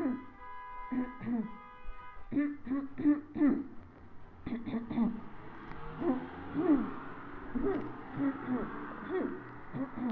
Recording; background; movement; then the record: throat clearing; traffic; walking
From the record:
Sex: female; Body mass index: 21.8 kg/m2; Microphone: on the chest, facing the body